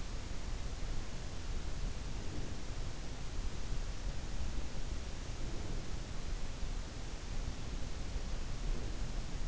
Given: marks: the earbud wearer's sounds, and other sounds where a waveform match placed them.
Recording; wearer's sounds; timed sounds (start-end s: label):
sounds in sleep by an in-ear microphone; breath
1.97-2.97 s: breath
4.89-6.27 s: breath
8.15-9.48 s: breath